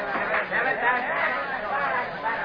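Steady, dense chatter from a typical New York Sunday crowd in the third base field boxes of a jammed ballpark, watching fielding practice, many voices blending into a continuous murmur with no single speaker standing out, holding an even loudness throughout.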